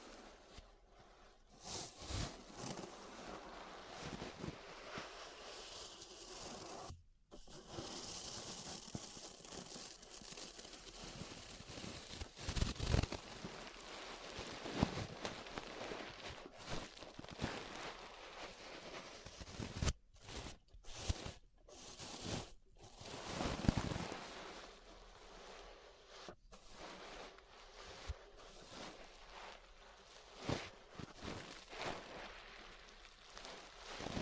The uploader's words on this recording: ASMR Relaxing 3Dio Ear Brushing (No Talking).